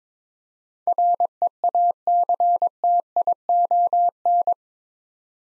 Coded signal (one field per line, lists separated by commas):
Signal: Morse code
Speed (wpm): 22 wpm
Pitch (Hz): 700 Hz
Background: none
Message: REACTION